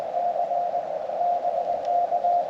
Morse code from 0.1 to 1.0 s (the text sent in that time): C